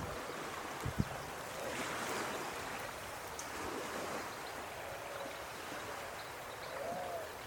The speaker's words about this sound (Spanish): ¿Vos también te quedaste escuchando el agua como viendo el cielo? ¿Viste? Los guardianes del agua siempre te llevan a un lugar mejor.